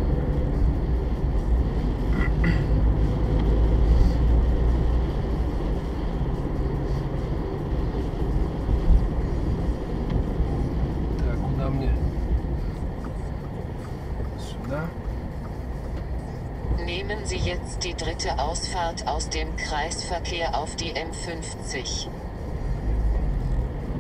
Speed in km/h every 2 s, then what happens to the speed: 38, 44, 47, 48, 45, 35, 15, 13, 8, 7, 6, 13.
0-3 speeds up to 47. 6-20 slows to 6. 20-24 speeds up to 13.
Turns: none.